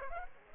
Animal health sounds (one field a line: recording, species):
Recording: mosquito wingbeat signal from an infrared sensor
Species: Aedes aegypti